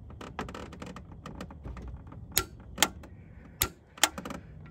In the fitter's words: so it won't click below that and it clicks right at that and then anything over to clicks